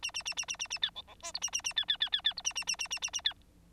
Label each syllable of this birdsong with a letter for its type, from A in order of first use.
A A A A A A A B C C D E A A A B B B B B E A A A A A A A B